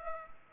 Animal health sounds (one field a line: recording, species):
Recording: mosquito wingbeat signal from an infrared sensor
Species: Culex pipiens